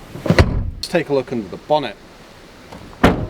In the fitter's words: tether points and this isn't too heavy to lift and then it just locks in place